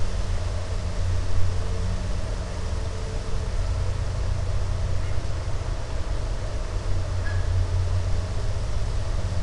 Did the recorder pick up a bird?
no